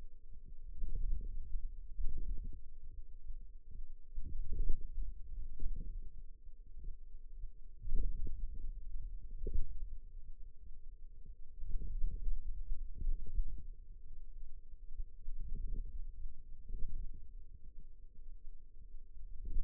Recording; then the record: forearm muscle sounds (acoustic myography)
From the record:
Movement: ulnar deviation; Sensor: system 2, bracelet of six BSWA MPA416 microphones around the upper forearm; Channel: 3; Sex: female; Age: 21 years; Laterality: right